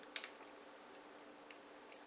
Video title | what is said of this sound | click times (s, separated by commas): Installing a Globe camera / doorbell | there we go it clicked in let's get that little cover back on okay | 1.5 s